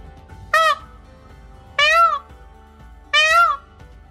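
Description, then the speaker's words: Indian Peafowl call: three loud wailing cries, each rising then falling, evenly spaced, over a faint background hum. Peacock calling loudly, mostly to attract a female, sometimes under threat; heard in England from February into spring, at dawn and at night. "Here is the sound of a peacock calling."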